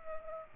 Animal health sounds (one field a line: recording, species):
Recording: mosquito wingbeat signal from an infrared sensor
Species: Culex pipiens